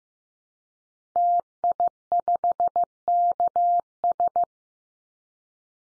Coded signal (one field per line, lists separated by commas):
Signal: Morse code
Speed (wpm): 15 wpm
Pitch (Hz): 700 Hz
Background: none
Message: TI5KS